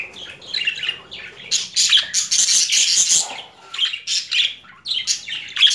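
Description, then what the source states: Budgerigar chatter: gritty, buzzy warbling that swells into a dense harsh run mid-way, then breaks into separate scratchy squawks. Female budgerigar; mixed sounds.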